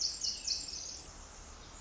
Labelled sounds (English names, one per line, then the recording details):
Pacific Wren
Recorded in Sonoma County, California